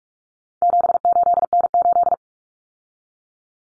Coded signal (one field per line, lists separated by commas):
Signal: Morse code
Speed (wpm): 44 wpm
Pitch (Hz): 700 Hz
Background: none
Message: 78N8